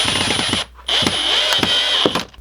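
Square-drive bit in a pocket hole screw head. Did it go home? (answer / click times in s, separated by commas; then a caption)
no / 0.9 s. A drill drives a square-head pocket hole screw into wood, and the square-drive bit cams out of the screw's recess, riding up and chattering across the head. A steady whine with rapid rattling clatter stops briefly, then resumes with a sharp burst at 0.9 s as the bit bounces over the head. The screw head is stripped.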